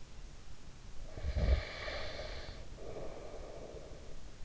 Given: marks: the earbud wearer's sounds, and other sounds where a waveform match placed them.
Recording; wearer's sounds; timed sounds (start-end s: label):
sounds in sleep by an in-ear microphone; snoring breath
0.80-4.45 s: snoring breath